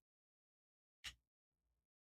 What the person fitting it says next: Okay, that's locked in there.